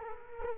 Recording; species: mosquito wingbeat signal from an infrared sensor; Culex quinquefasciatus